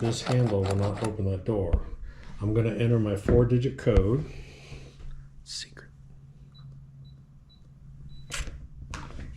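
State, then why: Released. Someone talks about an electronic keypad door lock, then a four-digit code is entered and a few short beeps are heard. The keypad lock latch in the door gives a single click at 8.9 s as it unlocks and releases.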